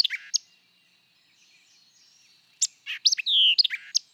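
White-eyed vireo song heard twice, the second phrase complete with sharp chips, a burry note and a long down-slurred whistle, separated by a quiet pause.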